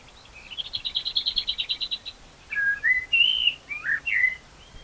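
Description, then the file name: Common blackbird song: a quick, evenly repeated high trill, then a few rich, slurred whistled notes against a soft hiss. "Turdus merula"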